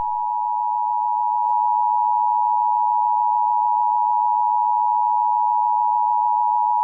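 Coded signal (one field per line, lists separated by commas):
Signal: Emergency Alert System (SAME) tones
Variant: 853 and 960 Hz attention tone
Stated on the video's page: Fictional Emergency Alert System scenario about a sentient fireball attacking North America.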